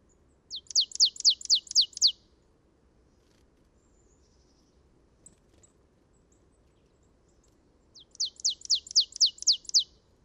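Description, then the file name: Marsh tit gives a quick run of seven bright, falling chip notes, pauses roughly six seconds, then repeats a similar burst; background otherwise quiet. "Poecile palustris"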